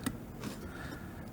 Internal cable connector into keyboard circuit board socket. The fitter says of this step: And again, you should feel a positive click that'll give you the sense that it's now fully seated in place.